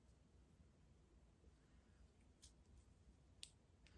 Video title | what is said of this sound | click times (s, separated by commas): Apple Watch Series 7 UNBOXING -- ECG AND BLOOD OXYGEN-- Heart Patient Review | and just slide it through until it clicks | 3.4 s